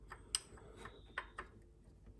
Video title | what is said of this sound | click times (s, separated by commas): Opel Vauxhall Vectra 1.9 CDTi 150 Ecotec Z19DTH timing belt replacement | like it clicked but it's out of position | 0.3 s